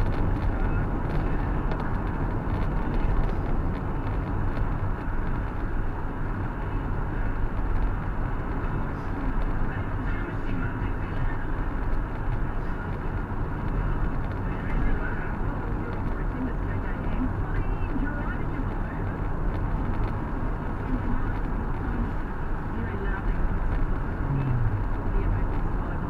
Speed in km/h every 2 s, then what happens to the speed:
73, 72, 71, 71, 70, 70, 70, 69, 70, 70, 71, 71, 71.
0-26 steady at about 71.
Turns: none.